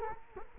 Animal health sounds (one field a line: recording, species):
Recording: mosquito wingbeat signal from an infrared sensor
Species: Culex quinquefasciatus